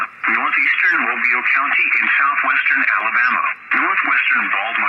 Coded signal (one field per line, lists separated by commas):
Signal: Emergency Alert System (SAME) tones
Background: speech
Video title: So Many Severe Thunderstorms/Tornadoes/Special Marines/Tornado Watches (11/30/22) (EAS 7-23)